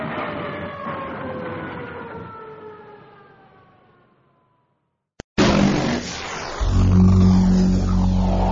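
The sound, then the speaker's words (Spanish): A police car siren wails and drops steadily in pitch as it fades away over about four seconds, then brief silence, a sharp click, and a burst of loud, dense sound. “Váyase en la patrulla, porque si no se cae.”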